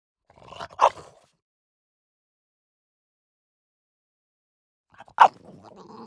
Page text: French Bulldog Bark. Quick Sounds